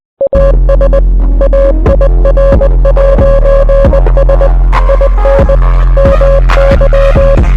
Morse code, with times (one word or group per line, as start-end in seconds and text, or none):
0.2-1.0 AS
1.4-4.5 AIR'S
4.9-5.6 IN
6.0-7.4 MY